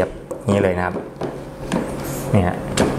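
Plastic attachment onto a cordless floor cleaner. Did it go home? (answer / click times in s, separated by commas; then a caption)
no / none. A plastic part, probably one end of the handle, is being pushed onto an EZhome cordless wet-and-dry floor cleaner while someone talks. Short handling knocks are heard, the sharpest near 1.7 s. Nothing has seated or clicked into place yet.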